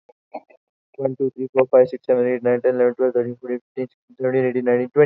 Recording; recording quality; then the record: counting at a fast pace; excellent, no background noise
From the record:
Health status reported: healthy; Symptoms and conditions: cough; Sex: male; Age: 20 years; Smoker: not ticked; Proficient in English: yes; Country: India